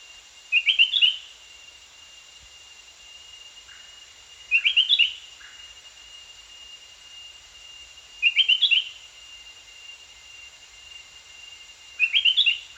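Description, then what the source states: Spectacled bulbul repeating a brief cluster of rapid chirpy notes about every four seconds, four times, with a constant high insect whine behind. Danum, 1 January 2008.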